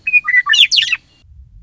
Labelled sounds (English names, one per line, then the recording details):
Western Meadowlark
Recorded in Sonoma County, California